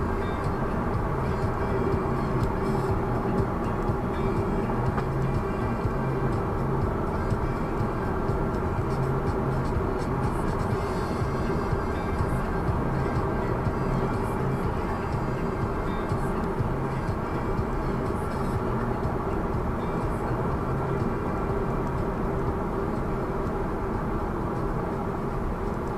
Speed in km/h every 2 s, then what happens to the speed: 89, 82, 79, 83, 86, 88, 88, 86, 85, 83, 84, 82, 80.
0-3 slows to 79. 3-9 speeds up to 88. 9-26 slows to 80.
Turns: none.